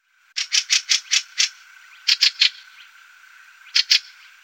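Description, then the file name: Fieldfare harsh chack calls, a quick series of six dry notes, then a group of three, then two more after a pause. "Wacholderdrossel"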